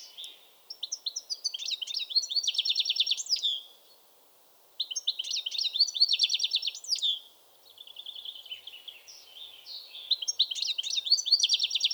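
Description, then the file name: European goldfinch song: three long phrases of fast, tinkling, buzzy twittering with trills, pausing briefly between them. "Carduelis carduelis"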